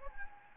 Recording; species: mosquito wingbeat signal from an infrared sensor; Anopheles gambiae